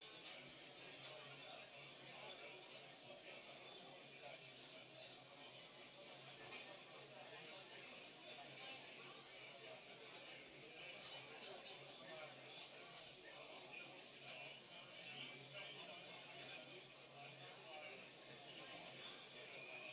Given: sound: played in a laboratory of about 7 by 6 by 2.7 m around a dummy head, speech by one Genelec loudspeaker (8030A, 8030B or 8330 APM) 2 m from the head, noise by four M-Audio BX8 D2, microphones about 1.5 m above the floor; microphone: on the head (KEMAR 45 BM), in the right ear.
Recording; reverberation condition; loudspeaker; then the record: cafeteria noise; low; four, about 170 cm from the corners of the room and facing them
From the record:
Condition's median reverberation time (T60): about 310 ms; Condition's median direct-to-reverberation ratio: about 3.5 dB